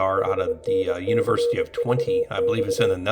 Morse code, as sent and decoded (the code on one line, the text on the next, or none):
.... -. -.-. ...- -..-
HNCVX